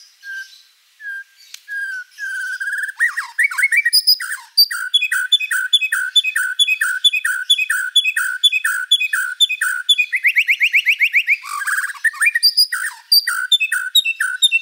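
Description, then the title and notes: White-rumped shama song: soft whistles, then a long rapid series of repeated downslurred whistled phrases, broken by a brief buzzy rattle before the phrases resume. Long-duration lure song used to attract birds. "Pikat Murai Batu Durasi Panjang. Burung Murai Batu"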